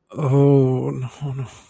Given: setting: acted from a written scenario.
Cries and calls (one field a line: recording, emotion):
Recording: vocal sound without words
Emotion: distress